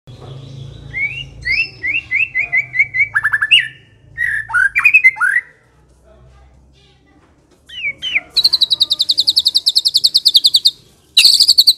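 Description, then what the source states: White-rumped shama: songbird singing quick rising whistles and chattering phrases, then a pause and a long fast high buzzy trill, with a low hum in the background. Long-duration lure recording (pikat) of white-rumped shama song.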